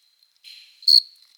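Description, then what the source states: Cricket trill with one loud high chirp after a brief softer sound. Singing cricket, recorded close up.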